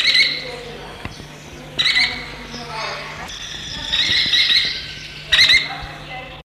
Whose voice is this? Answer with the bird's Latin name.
Melanerpes flavifrons